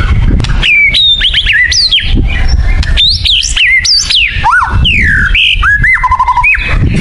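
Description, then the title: White-rumped shama giving clear whistled notes, sweeping slurs and short steady tones over a constant low rumble of background noise. Actively singing (gacor) white-rumped shama; lure recording used to make shamas respond. "MURAI BATU GACOR"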